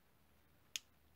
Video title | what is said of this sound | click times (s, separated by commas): Trumpeter 1/32 Junkers Ju-87A Stuka Video Build Part 1 | today you can hear it click in alright okay | 0.8 s